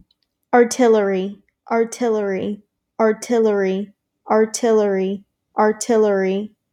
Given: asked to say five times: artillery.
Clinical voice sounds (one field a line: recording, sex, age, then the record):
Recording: repeated word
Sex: female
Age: 20 to 29 years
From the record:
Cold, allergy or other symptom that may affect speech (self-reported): no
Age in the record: 22 years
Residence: North Carolina, United States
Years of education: 16